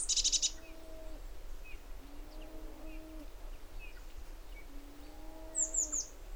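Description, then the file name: Eurasian blue tit giving a short buzzy burst at the start and a quick trio of high falling notes near the end, with soft low tones running underneath. "Cyanistes caeruleus"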